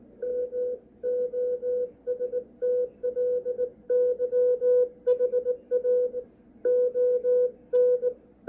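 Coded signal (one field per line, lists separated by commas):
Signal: Morse code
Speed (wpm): 18 wpm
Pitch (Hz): 500 Hz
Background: none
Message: MOSTLY HAON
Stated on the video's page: CW and FT8 heard on HF shortwave with a Malahit DSP2 receiver, with noise reduction and preamp settings demonstrated.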